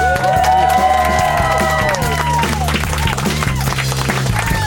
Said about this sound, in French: Naturellement, les gens vous applaudissent. Ben oui, c'est fait de même.